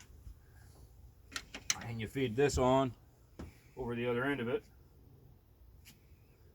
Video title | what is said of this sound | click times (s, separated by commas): Teleflex rotary boat steering replacement. HOW TO. 1991 Alumaweld Formula vee | and then it locks in place. This thing goes in and click, locks in place, | 1.7 s